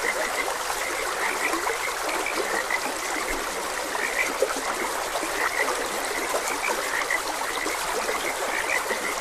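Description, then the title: Many frogs croak together in soft, rapid notes beneath the strong, steady sound of flowing water. Frogs croaking beside a gentle stream. "Gentle Stream and Frogs Croaking"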